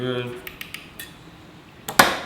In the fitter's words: When you hear the clicking, you know you got it.